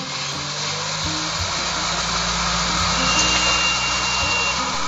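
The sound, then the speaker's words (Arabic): A car arriving at a door runs its engine steadily for the whole stretch, a loud, unbroken rumble with a broad hiss over low droning tones that shift slightly in pitch. No one speaks. “يبدو في سيارة يا رشاد على الباب”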